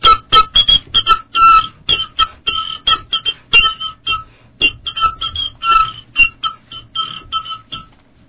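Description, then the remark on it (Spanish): A handmade whistle instrument, made within the last 12 months, imitates a penguin with a rapid, uneven string of short, squeaky high-pitched chirps and honks, fairly loud, with no talking. “Esto es una imitación del pingüino.”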